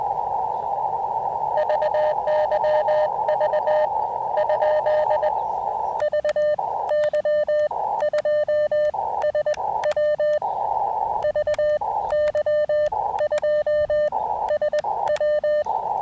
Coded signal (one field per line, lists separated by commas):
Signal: Morse code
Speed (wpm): 19 wpm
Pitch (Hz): 600 Hz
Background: radio noise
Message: VY V ? VY2SW VY2SW